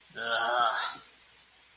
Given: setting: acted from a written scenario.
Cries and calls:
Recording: vocal sound without words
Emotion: contempt

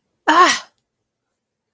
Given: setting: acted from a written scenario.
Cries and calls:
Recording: vocal sound without words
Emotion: pain

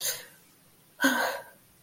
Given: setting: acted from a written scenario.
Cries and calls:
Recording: vocal sound without words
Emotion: shame

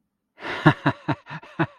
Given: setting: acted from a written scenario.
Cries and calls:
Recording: vocal sound without words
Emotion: amusement

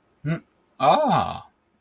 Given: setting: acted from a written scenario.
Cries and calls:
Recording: vocal sound without words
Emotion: realization

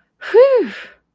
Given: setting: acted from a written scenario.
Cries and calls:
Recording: vocal sound without words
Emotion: relief

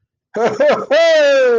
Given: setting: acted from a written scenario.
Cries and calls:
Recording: vocal sound without words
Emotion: triumph

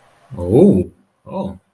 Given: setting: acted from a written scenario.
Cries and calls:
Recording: vocal sound without words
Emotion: interest

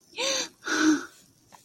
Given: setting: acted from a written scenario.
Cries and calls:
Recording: vocal sound without words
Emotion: positive surprise

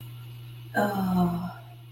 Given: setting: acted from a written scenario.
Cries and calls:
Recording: vocal sound without words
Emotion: ecstasy

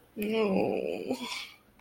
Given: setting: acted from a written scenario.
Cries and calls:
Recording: vocal sound without words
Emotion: sadness

